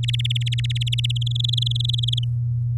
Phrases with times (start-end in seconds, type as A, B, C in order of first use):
0.03-1.12 A, 1.16-2.24 B